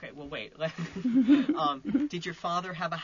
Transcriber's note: they laugh